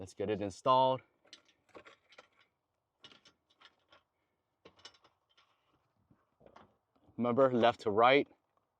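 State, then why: Not seated. Someone talks while a plastic interior light lens for a 5th Gen 4Runner is handled before being pressed into its trim housing, to be fitted left to right. Soft, faint ticks and clicks of handling are heard between the speech. Nothing has seated or clicked into place yet.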